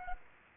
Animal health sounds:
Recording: mosquito wingbeat signal from an infrared sensor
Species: Aedes aegypti

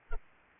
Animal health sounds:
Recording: mosquito wingbeat signal from an infrared sensor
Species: Culex pipiens

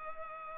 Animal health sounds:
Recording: mosquito wingbeat signal from an infrared sensor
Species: Culex pipiens

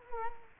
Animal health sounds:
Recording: mosquito wingbeat signal from an infrared sensor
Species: Culex quinquefasciatus

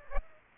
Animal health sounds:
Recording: mosquito wingbeat signal from an infrared sensor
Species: Aedes aegypti

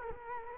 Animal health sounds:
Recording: mosquito wingbeat signal from an infrared sensor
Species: Culex quinquefasciatus

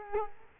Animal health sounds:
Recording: mosquito wingbeat signal from an infrared sensor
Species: Culex quinquefasciatus

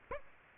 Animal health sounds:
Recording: mosquito wingbeat signal from an infrared sensor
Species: Aedes aegypti

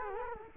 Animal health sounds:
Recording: mosquito wingbeat signal from an infrared sensor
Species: Culex quinquefasciatus

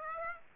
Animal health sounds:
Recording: mosquito wingbeat signal from an infrared sensor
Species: Aedes aegypti

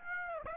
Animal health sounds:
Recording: mosquito wingbeat signal from an infrared sensor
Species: Aedes albopictus

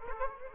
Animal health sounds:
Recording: mosquito wingbeat signal from an infrared sensor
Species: Aedes aegypti

